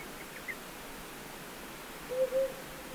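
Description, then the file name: Himalayan wood owl hooting, two short low notes in quick succession near the end, over a steady soft background hiss. Recorded at Hu Ping Shan, Hunan, China, on 2 July 2012. "Himalayan Wood Owl 120702 China Hunan Hu Ping Shan"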